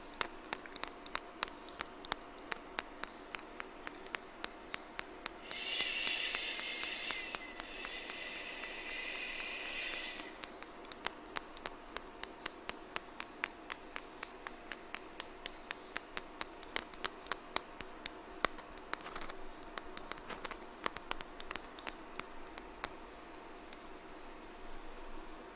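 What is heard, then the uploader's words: Scratching and tapping: sharp, bright taps sound throughout, sometimes in quick bursts and sometimes spaced out, with a steady faint hum underneath. From about 5 to 10 seconds a rough, hissy scratching sound runs continuously alongside the taps. ASMR Scratching & Tapping!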